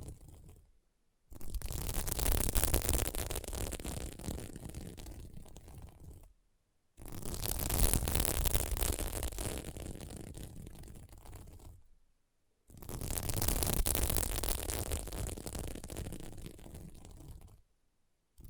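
Scratching on a sequin mermaid pillow comes in three long bursts of dense, rough rustling, each about five seconds, separated by short silences near 1, 7 and 12.5 seconds. Each burst starts loud and fades slightly, with a bright, hissing texture throughout.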